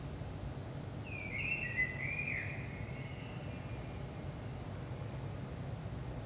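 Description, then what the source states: Common blackbird song: a thin, high descending trill, then a lower warbled, slurred phrase, and another high trill starting at the end, over a steady low rumble. Saint-Gilles, Belgium; early morning, 5 am; recorded with DPA 4060 microphones in AB position into a Zoom F3.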